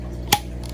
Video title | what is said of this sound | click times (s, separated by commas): Wireless-N WiFi Repeater | there we go i heard it click | 0.3 s